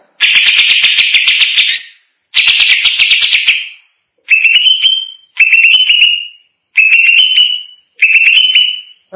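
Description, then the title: Greater green leafbird song: two long, dense, scratchy chattering bursts, then four shorter phrases of rapid notes ending in rising whistles. "Cucak ijo"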